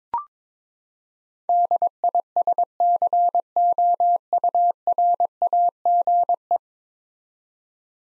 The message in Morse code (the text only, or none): DISCOURAGE